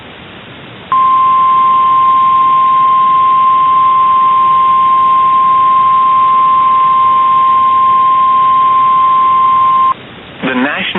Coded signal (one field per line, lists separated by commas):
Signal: Emergency Alert System (SAME) tones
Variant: 1050 Hz attention tone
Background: speech